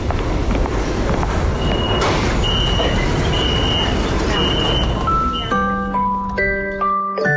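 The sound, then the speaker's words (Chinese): A subway train rumbles into the station with a steady, loud roar and a thin high whine. The noise then drops away into a short run of stepped electronic chime tones. “哎，宝贝儿，你看地铁来了，咱们一起排队上车喽。”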